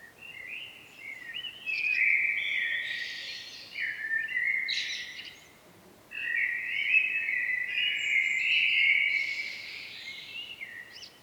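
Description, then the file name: Common blackbird singing repeated warbled phrases topped with high squeaky flourishes, a short break, then a longer, louder phrase. "Turdus merula"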